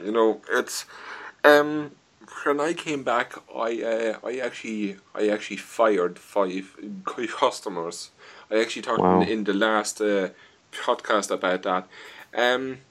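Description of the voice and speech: An adult man speaks conversationally with repeated starts ('I... I actually... I actually'), a sound repetition on 'k-customers', stretched sounds and filled pauses. These part-word and phrase repetitions with prolongations fit stuttering.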